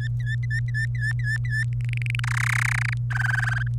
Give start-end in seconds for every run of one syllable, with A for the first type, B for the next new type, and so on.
0.00-1.64 A, 1.73-2.20 B, 2.23-2.94 C, 3.10-3.63 D